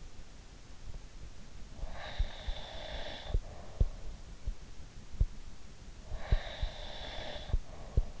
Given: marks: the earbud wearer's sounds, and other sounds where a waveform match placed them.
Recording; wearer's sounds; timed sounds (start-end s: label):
sounds in sleep by an in-ear microphone; breath
1.81-3.77 s: breath
6.00-8.20 s: breath